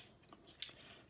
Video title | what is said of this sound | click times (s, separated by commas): Transformers: War For Cybertron Siege Optimus Prime and Megatron: The Shadow Reviews | foot out until it clicks heel | 0.6 s